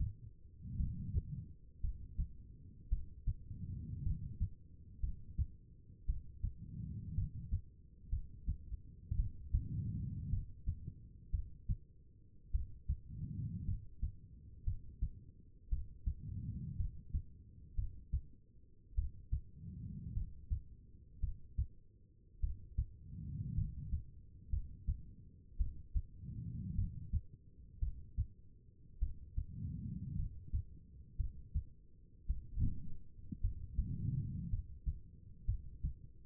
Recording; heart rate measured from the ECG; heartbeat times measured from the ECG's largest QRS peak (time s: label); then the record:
heart sounds by stethoscope; 55 bpm
0.77 s: heartbeat
1.81 s: heartbeat
2.89 s: heartbeat
4.03 s: heartbeat
5.00 s: heartbeat
6.06 s: heartbeat
7.15 s: heartbeat
8.10 s: heartbeat
9.16 s: heartbeat
10.30 s: heartbeat
11.31 s: heartbeat
12.51 s: heartbeat
13.65 s: heartbeat
14.64 s: heartbeat
15.69 s: heartbeat
16.77 s: heartbeat
17.75 s: heartbeat
18.95 s: heartbeat
20.14 s: heartbeat
21.20 s: heartbeat
22.40 s: heartbeat
23.55 s: heartbeat
24.50 s: heartbeat
25.57 s: heartbeat
26.75 s: heartbeat
27.79 s: heartbeat
28.99 s: heartbeat
30.16 s: heartbeat
31.17 s: heartbeat
32.27 s: heartbeat
33.41 s: heartbeat
34.50 s: heartbeat
35.45 s: heartbeat
From the record:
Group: healthy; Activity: cold pressor test 0-32 s, rest 32-36 s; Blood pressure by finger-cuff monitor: 91/61 mmHg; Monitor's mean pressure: 70 mmHg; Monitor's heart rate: 55 bpm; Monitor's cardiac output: 4.2 L/min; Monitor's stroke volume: 75 mL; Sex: female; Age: 36 years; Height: 163 cm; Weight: 88 kg